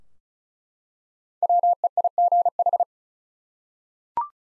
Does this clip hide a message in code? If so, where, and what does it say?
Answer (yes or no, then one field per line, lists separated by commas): yes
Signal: Morse code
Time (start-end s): 1.4-2.8 s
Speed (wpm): 36 wpm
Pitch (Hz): 700 Hz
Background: none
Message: WEIGH